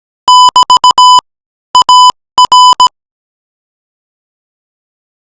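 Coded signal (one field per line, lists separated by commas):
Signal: Morse code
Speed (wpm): 17 wpm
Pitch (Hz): 1000 Hz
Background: none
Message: <BT> AR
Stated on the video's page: Morse practice at 20 words per minute, beginning with CQ call and VVV.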